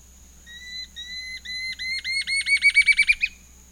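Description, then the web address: Curve-billed Scythebill song: long clear whistled notes that quicken into a fast, slightly rising, warbling trill, then stop abruptly. A constant high tone sits in the background. Recorded in the eastern lowlands of South America. "Natures Songs S America Eastern Lowlands. Curve-billed Scythebill"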